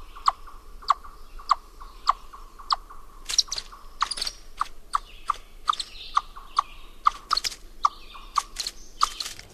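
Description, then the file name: Eastern chipmunk repeating low, hollow chuck notes at a steady pace, mixed with scattered sharp clicks and brief rustling sounds. "Eastern Chipmunk (Wild America)"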